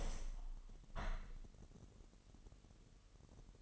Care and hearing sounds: daily activity, microphone in the room; open window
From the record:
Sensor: 4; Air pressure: 1000.9 hPa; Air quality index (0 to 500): 244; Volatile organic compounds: 41 ppm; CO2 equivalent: 3165 ppm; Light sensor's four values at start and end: 9/20/8/7 and 9/20/8/7

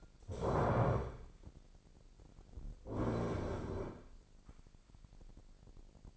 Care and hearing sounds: daily activity, microphone in the room; stand up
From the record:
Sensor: 5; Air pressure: 1009.4 hPa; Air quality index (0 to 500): 154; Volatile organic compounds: 2 ppm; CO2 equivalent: 1180 ppm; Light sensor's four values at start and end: 251/602/256/279 and 254/609/259/282

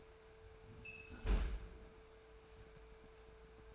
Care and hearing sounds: daily activity, microphone in the room; close fridge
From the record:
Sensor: 2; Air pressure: 1014.7 hPa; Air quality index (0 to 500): 191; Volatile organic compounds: 15 ppm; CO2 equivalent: 2521 ppm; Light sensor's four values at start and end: 26/64/28/31 and 22/55/23/26

